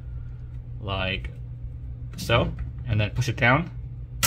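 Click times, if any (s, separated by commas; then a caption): none. A new 8 GB memory stick is placed at an angle into a memory slot of a QNAP TS-251 NAS, ready to be pushed down until the slot latches click. Someone talks over a steady low hum, with brief handling noises and a short sharp sound near the end. Nothing has seated or clicked yet.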